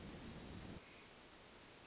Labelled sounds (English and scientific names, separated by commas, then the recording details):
Hermit Thrush (Catharus guttatus)
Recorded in Sonoma County, California